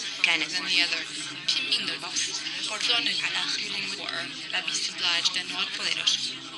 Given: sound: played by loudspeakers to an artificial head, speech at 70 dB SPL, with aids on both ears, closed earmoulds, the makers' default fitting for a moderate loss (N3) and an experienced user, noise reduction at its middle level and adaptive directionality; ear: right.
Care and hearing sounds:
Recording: speech test signal (ISTS) in cocktail-party noise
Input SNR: -3 dB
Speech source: on the right (90 degrees)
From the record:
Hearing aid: class 1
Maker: B

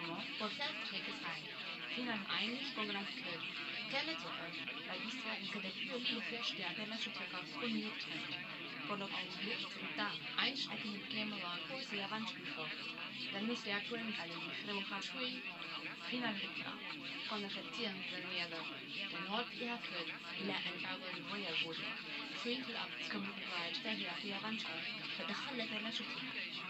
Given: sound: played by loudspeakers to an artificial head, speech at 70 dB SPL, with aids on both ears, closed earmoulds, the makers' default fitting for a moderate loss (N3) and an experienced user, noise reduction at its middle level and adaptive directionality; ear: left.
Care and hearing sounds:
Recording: speech test signal (ISTS) in cocktail-party noise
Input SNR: +3 dB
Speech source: on the right (90 degrees)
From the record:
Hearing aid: class 1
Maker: D

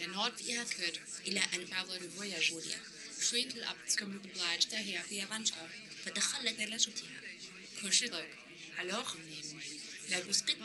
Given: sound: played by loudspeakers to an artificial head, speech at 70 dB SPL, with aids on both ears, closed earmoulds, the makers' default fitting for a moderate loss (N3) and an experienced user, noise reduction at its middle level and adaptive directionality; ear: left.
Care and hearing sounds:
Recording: speech test signal (ISTS) in cocktail-party noise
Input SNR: +6 dB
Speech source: in front (0 degrees)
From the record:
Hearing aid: class 1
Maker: H

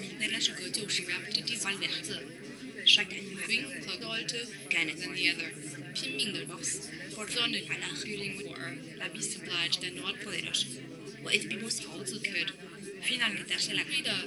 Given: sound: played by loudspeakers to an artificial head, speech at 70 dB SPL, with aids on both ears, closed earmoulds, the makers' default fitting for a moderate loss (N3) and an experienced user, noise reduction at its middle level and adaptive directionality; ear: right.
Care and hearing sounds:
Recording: speech test signal (ISTS) in cocktail-party noise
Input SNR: -3 dB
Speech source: in front (0 degrees)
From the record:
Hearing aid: class 2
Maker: J

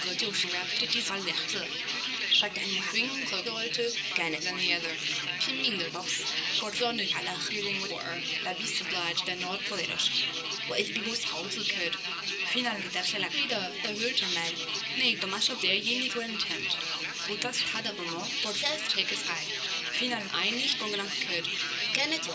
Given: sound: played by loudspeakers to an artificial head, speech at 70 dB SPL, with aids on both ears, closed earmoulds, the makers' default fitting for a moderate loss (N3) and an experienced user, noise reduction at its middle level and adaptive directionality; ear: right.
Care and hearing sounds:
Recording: speech test signal (ISTS) in cocktail-party noise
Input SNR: +3 dB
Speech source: in front (0 degrees)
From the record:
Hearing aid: class 1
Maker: A

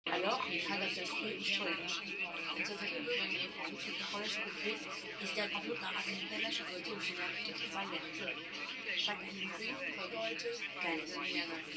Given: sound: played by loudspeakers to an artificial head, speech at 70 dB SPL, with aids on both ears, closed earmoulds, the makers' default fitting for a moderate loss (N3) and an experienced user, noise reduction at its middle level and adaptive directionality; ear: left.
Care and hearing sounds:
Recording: speech test signal (ISTS) in cocktail-party noise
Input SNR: 0 dB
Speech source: on the right (90 degrees)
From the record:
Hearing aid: class 2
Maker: C

